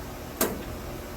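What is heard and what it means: A car door is pushed further and its latch closes onto the striker pin, giving a sharp click at 0.4 seconds as it reaches its second detent. The door is now fully latched and should hold in place.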